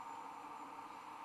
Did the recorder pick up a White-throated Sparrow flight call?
no